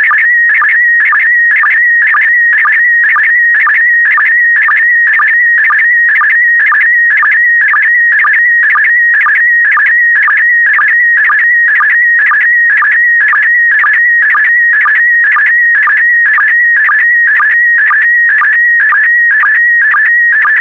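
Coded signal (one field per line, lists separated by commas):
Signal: SSTV (slow-scan television)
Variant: PD120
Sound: steady whistling tone with brief warbles and low blips twice per second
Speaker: complete. You can now check your decoded image against the picture that is shown on the video.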